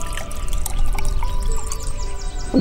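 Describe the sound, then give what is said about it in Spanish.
Drinking water pours steadily into a cup for a couple of seconds, a soft continuous gurgle with faint trickling and bright sliding tones, ending with a brief low murmur. “Bebe un poco de agua.”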